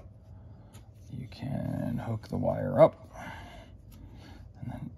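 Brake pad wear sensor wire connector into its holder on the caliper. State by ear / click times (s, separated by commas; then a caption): not seated / none. On a Porsche 993 with new rear brake pads, the brake pad wear sensor wire is being hooked up and its plastic connector handled toward its holder on the caliper. Someone talks throughout, with a louder burst of voice near 2.8 s. Nothing has seated or clicked yet.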